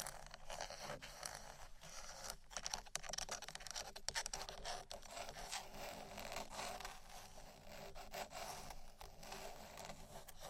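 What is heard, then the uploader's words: Dry scratching on a wooden surface, with rough strokes rubbing back and forth in a fairly steady rhythm. Sharp taps and clicks cut through, clustered most between two and five seconds. The sound is bright and papery, with a faint low hum underneath. ASMR Textures Scratching & Tapping (No Talking).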